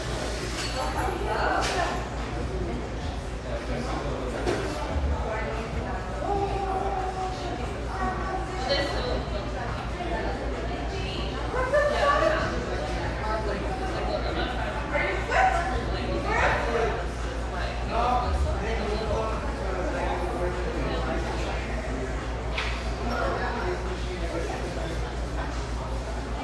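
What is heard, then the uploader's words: Bustling café chatter fills the room, many voices overlapping at a steady, dense level throughout. A low constant hum runs underneath, with occasional clinks and brief louder bursts of talk around the middle. Irvine, California. Cheerful, bustling background noise of this sunny café in one of the OC's most upscale neighborhoods.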